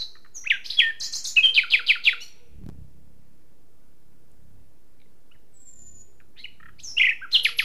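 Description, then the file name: Common nightingale song: a varied phrase of quick repeated chirps, a long quiet gap with a faint low thump, then another phrase begins. "Luscinia megarhynchos"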